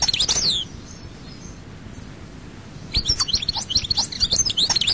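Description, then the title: European goldfinch twittering: a short bright burst at the start, a quiet gap, then a longer run of quick chirps and tinkling notes. "Chant Chardonneret"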